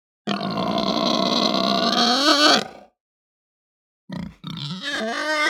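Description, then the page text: Pig giving a sustained, loud, raspy squeal of over two seconds that fades out, then returns after a silence with broken, grunting squeals. Hampshire breed pig, long aggressive squeal. "Hampshire Pig Squeal Long Aggressive. Quick Sounds"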